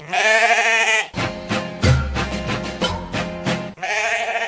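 Wavering, nasal sheep bleats open and close the stretch, with a dense burst of rhythmic, thumping music filling the middle between them.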